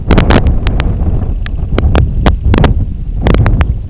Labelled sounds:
Semipalmated Sandpiper (Calidris pusilla)
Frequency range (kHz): Semipalmated Sandpiper (Calidris pusilla) 2.0-3.7 kHz
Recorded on Arctic tundra, site IGLO-D, on 23 June 2018
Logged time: 20:00

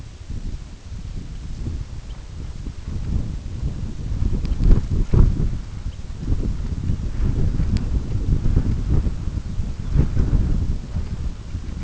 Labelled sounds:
Red Phalarope (Phalaropus fulicarius), unidentified sound
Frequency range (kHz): Red Phalarope (Phalaropus fulicarius) 2.5-3.6 kHz
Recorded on Arctic tundra, site UTQI-5, on 25 June 2018
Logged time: 18:00

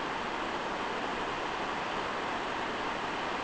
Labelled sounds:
none
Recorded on Arctic tundra, site NAIT-1, on 29 June 2018
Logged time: 01:00

